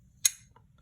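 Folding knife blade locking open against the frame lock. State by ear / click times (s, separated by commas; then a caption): seated / 0.3 s. A CRK Sebenza 31 folding pocket knife blade is opened until its frame lock engages, giving a subtle, controlled click at 0.3 s that is softer than the harder clack of the earlier Sebenza 21 but still audible. A faint tick follows at 0.6 s. The frame lock is confirmed seated, locking the blade open.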